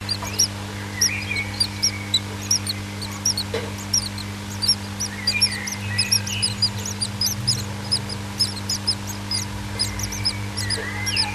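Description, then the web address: Bird calls: high, short chirps repeated rapidly and irregularly throughout, with a few lower squeaky notes and a steady low electrical hum underneath. Nest box, 30 April 2005, 17:20. "nistkasten 20050430 1720"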